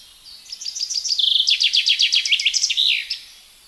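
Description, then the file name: Common chaffinch song with rapid repeated notes descending in steps, then a run of lower chipping notes and an emphatic flourish at the end. "Fringilla coelebs"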